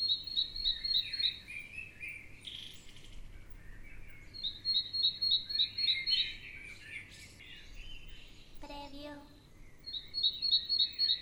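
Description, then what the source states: Bird chorus with rapid repeated high chirp trains broken by pauses, varied warbles underneath and one short harmonic call late. Morning ambience.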